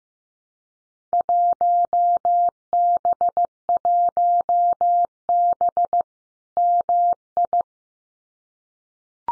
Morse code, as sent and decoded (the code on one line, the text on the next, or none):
.---- -... .---- -... / -- ..
1B1B MI